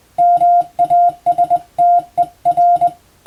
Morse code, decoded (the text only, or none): MASTER